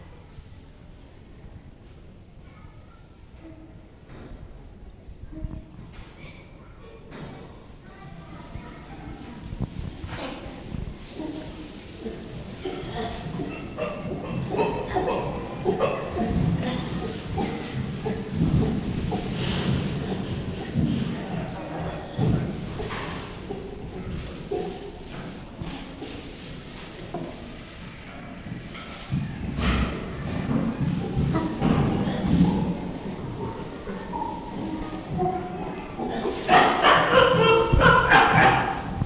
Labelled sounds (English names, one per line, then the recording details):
Chimpanzee
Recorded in captivity
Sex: pair
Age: adult
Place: Tierpark Berlin, Berlin, DE
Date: 1966-09-21
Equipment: Tonbandgerät v. Herrn Lippert ausgeliehen
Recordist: unbekannt, keine Angabe